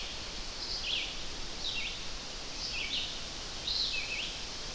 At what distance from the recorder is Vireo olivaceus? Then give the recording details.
about 40 m. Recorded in boreal forest in Alberta, Canada, on 12 June 2016 at 05:50. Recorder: SongMeter 3, array SBT-3-18. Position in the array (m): 233 m, 101 m